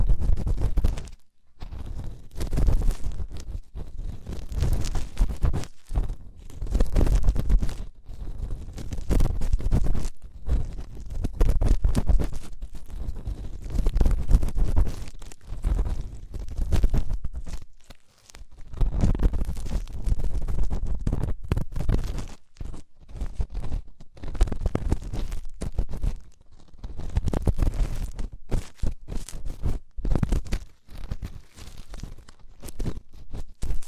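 Deep ear cleaning: dense, irregular scratching and crackling rubs with low rumbly thumps, continuous throughout with brief silent gaps near 2 and 18 seconds.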